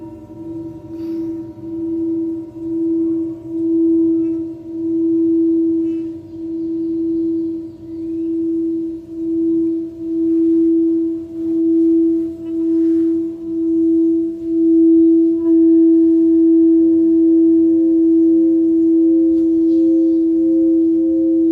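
A singing bowl rings with a steady, pure tone near the middle, its sound swelling and fading in slow, regular waves about once a second. Faint higher overtones hang above it, with a low soft rumble underneath and an occasional light tap.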